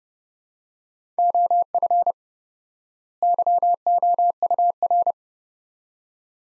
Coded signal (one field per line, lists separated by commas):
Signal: Morse code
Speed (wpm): 32 wpm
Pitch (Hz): 700 Hz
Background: none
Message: OF YOUR